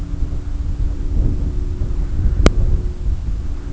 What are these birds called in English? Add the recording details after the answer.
none. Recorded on Arctic tundra, site CORI-1, on 20 June 2018. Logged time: 20:00